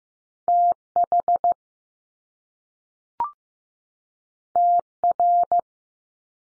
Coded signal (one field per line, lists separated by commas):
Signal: Morse code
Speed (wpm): 15 wpm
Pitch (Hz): 700 Hz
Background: none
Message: T HT R